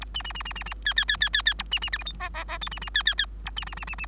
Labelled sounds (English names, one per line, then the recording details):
Bengalese Finch song
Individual Bird3